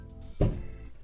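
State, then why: Seated. A hard drive fitted through rubber grommets is slid inward into a PC case's drive bay. A single low, dull snap at 0.4 s rises sharply above the quiet background and fades within a fraction of a second. The drive is seated in place.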